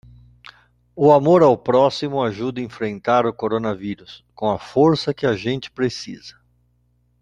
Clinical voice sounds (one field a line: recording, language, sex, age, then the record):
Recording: spoken sentence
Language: Brazilian Portuguese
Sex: male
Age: 60 to 69 years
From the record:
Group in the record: control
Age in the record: 65 years